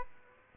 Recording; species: mosquito wingbeat signal from an infrared sensor; Aedes aegypti